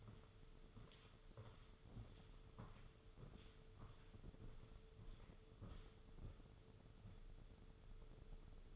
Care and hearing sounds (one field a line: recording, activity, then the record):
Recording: daily activity, microphone in the room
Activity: walk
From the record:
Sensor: 4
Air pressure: 995.3 hPa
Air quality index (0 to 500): 209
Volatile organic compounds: 204 ppm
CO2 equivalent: 4225 ppm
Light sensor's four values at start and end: 12/31/12/13 and 13/32/12/14